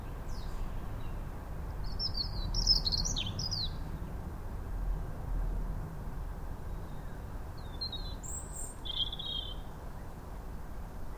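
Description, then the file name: European robin song: thin, high warbled phrases around two seconds in and again near nine seconds, over a steady low rumbling noise. "Erithacus rubecula"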